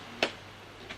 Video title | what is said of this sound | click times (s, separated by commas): Vax Blade 2 Max - Unboxing | slides on and clicks into place. | 0.2 s